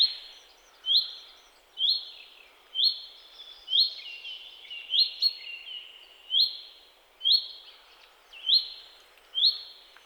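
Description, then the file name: Common chaffinch giving a clear, high, sharp call note roughly every second, with faint overlapping tones trailing each note. "Fringilla coelebs"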